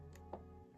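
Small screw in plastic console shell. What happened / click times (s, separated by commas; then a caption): The screw dropped into its original thread / 0.3 s. A small screw in the plastic shell of a DS Lite console is turned in reverse until it drops into its original thread. A faint tick comes at 0.2 s, then the small seating click at 0.3 s as the screw seats in its thread.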